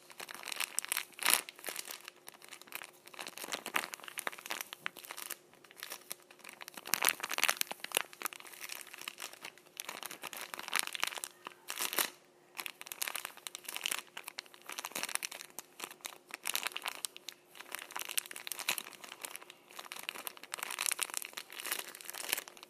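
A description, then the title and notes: Tissues are gripped and crumpled in a continuous, dense crinkling with frequent sharp rustles and bursts, over a faint steady hum. ASMR Gripping Tissues.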